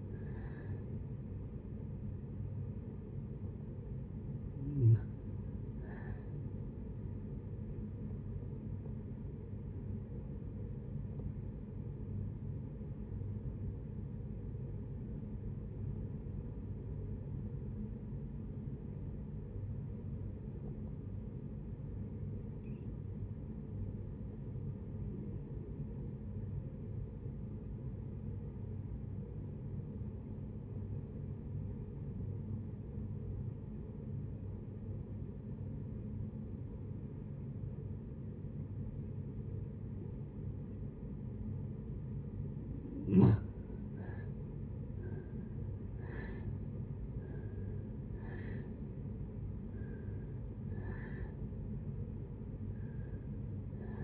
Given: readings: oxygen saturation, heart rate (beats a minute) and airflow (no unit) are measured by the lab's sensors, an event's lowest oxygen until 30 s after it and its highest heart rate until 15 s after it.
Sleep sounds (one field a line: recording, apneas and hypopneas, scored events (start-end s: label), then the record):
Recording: breathing in sleep by a smartphone at the bedside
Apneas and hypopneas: 1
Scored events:
7.00-43.20 s: hypopnea (REM, oxygen 95% highest, then 66% lowest, heart rate 66 at the start, 83 highest)
From the record:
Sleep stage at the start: REM sleep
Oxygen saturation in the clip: 64 to 95%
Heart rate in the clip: 56 to 83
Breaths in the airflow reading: 7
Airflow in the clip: -6.7 to 7.2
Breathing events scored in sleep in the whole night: 496 in 5.4 hours asleep